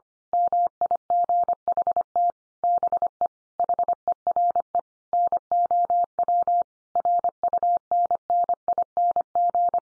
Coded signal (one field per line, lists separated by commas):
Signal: Morse code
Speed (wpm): 25 wpm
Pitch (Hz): 700 Hz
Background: none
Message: MIGHT BE HERE NOW RUNNING